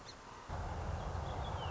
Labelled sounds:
Song Sparrow
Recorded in Sonoma County, California

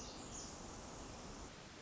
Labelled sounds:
Pacific Wren
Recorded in Sonoma County, California

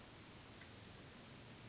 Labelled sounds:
Western Flycatcher
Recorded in Sonoma County, California

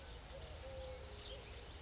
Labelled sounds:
Eurasian Collared Dove
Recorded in Sonoma County, California

